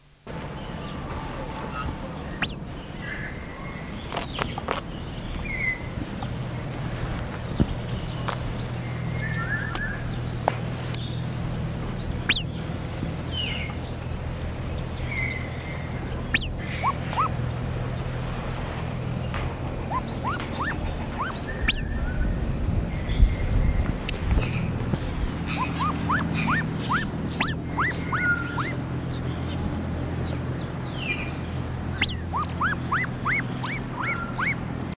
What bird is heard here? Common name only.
Salvin's Curassow